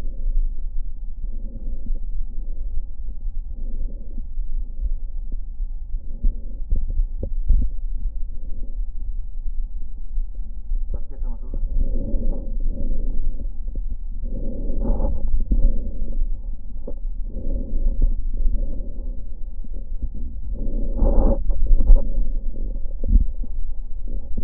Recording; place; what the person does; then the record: lung sounds by stethoscope; left posterior apical chest; quiet breathing, then deep breathing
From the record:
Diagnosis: COPD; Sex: female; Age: 68 years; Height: 150 cm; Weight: 70 kg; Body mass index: 31.1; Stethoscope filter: diaphragm mode